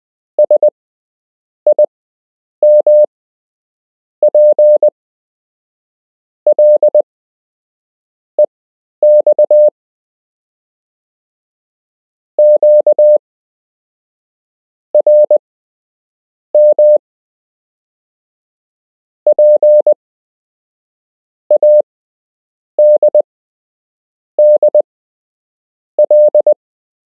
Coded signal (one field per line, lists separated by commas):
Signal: Morse code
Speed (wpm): 20 wpm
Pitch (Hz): 600 Hz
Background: none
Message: SIMPLEX QRM PADDL